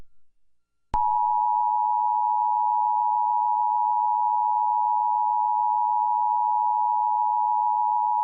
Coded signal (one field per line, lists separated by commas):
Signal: Emergency Alert System (SAME) tones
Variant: 853 and 960 Hz attention tone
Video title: November 9th 2011 CNBC Stock Market Power Lunch National EAS Test